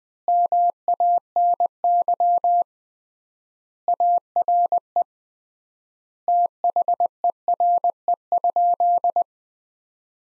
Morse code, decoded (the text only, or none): MANY ARE THERE?